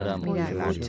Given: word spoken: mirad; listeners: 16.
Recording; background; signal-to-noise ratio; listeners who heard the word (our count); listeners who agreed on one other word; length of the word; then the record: one Spanish word in noise, from a listening test; four-talker babble; -2.4 dB; 0 of 16; 8 of 16; 0.49 s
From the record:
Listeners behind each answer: 8, 1, 1, 1, 1, 1, 1, 1, 1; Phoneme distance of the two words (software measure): 10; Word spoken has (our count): 2 syllables, 5 phonemes, stress on syllable 2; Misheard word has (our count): 2 syllables, 5 phonemes, stress on syllable 2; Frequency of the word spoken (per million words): 1.90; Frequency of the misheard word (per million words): 49.50